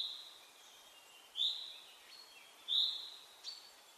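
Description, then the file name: Common chaffinch giving several short, sharp high-pitched calls at irregular intervals over soft hiss. "Fringilla coelebs"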